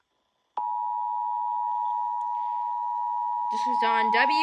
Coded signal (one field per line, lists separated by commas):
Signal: Emergency Alert System (SAME) tones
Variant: 853 and 960 Hz attention tone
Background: speech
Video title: Tornado Watch on WMNX, WKXB, WILT, WRMR (EAS #450-#453)